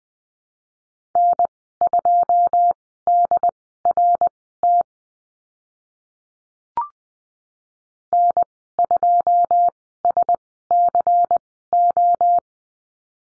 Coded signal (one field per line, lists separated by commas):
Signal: Morse code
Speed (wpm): 20 wpm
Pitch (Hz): 700 Hz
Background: none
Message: N2DRT N2SCO